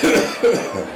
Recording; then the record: coughing mixed with background sound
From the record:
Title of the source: Spring Cold Coughing 3